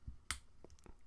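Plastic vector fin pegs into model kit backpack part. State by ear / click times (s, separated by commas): seated / 0.3 s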